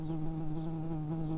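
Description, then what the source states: Early bumblebee wing buzz, a steady low droning hum with strong even harmonics, continuous for the whole moment without a break. Worker bumblebees.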